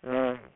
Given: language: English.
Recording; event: throat vibration sensor signal played as sound; speech